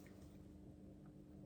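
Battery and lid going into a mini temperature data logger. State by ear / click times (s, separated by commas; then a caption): not seated / none. A battery and lid assembly is handled over an Ellab mini temperature data logger as it is pressed down toward place, with a steady low hum throughout and no sharp click. Nothing has seated or clicked into place yet.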